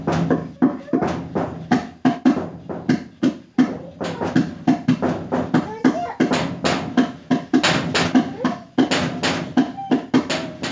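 Tapping on doors and ovens: a steady run of sharp knocks, roughly two to four a second, continuing for the whole clip. The hits are crisp and bright, with a low ringing tone under many of them, and the rhythm is uneven, with some quick clustered taps and brief pauses.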